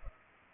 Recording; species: mosquito wingbeat signal from an infrared sensor; Culex pipiens